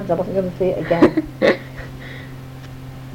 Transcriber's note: laughter